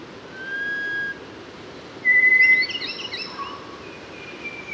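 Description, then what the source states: Mangrove robin singing clear, level whistles, one loud and steady, followed by rapid chirps and twitters. Papua New Guinea.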